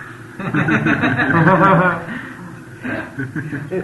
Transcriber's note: laughter